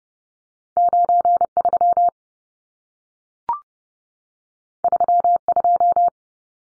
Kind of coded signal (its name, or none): Morse code